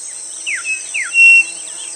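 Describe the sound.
Bird calls: two quick down-slurred whistles, then a short steady pure whistle, over a constant high hiss.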